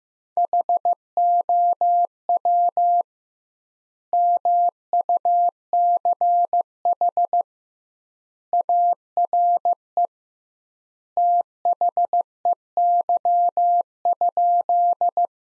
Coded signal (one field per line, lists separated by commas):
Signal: Morse code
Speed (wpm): 15 wpm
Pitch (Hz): 700 Hz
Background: none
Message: HOW MUCH ARE THEY?